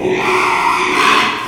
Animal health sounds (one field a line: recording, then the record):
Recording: squeal of a Yucatan mini pig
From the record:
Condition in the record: after surgery on the right vocal fold (resection and tissue-engineered implant)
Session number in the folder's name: 1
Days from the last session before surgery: 6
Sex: male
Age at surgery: 12 weeks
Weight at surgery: 13 kg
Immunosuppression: cyclosporine, prednisolone